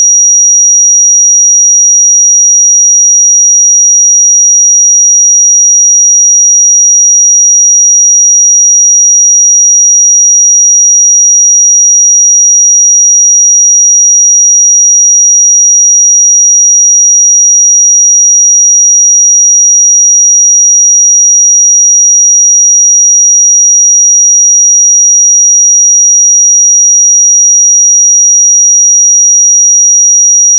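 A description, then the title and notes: A pure 5750 Hz sine tone sounds for the full thirty seconds, a single thin, bright, high whistle. It holds perfectly steady in pitch and loudness, with no breaks, pulses or background sound of any kind. 5750 Hz 1 Hz Interval Sine Pure Tone Frequency 441000 Sample Mono.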